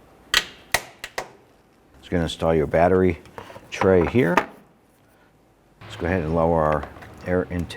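The lower end of a plastic coolant tube is pushed onto the expansion reservoir fitting of a 2012-2017 Toyota Camry during drive belt kit replacement. It pops into place with a sharp click at 0.8 s, among brief clicks at 0.4, 1.0 and 1.2 s, and the tube is seated. Afterward someone talks.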